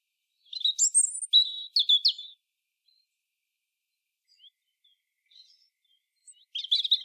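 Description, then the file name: European robin song: several high warbled and whistled phrases, a pause with faint notes, then another bright phrase at the end. "Erithacus rubecula"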